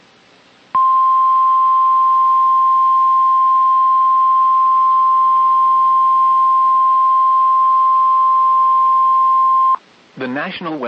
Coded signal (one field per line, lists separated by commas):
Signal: Emergency Alert System (SAME) tones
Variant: 1050 Hz attention tone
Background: speech